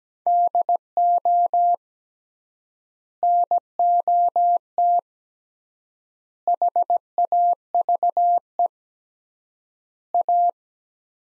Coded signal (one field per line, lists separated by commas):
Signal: Morse code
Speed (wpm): 17 wpm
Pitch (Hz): 700 Hz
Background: none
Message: DO NOT HAVE A